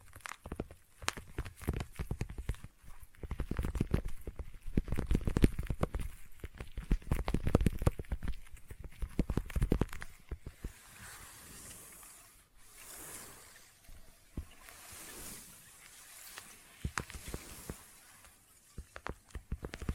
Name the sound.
Intense Sticky Tapping and Sticky Triggers